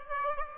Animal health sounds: mosquito wingbeat signal from an infrared sensor; Aedes aegypti

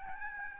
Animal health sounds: mosquito wingbeat signal from an infrared sensor; Aedes albopictus

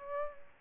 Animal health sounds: mosquito wingbeat signal from an infrared sensor; Aedes aegypti

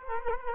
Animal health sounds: mosquito wingbeat signal from an infrared sensor; Culex quinquefasciatus

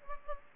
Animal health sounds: mosquito wingbeat signal from an infrared sensor; Aedes aegypti

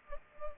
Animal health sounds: mosquito wingbeat signal from an infrared sensor; Culex pipiens

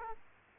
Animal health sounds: mosquito wingbeat signal from an infrared sensor; Aedes aegypti

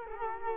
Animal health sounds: mosquito wingbeat signal from an infrared sensor; Culex quinquefasciatus

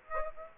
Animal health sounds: mosquito wingbeat signal from an infrared sensor; Aedes aegypti

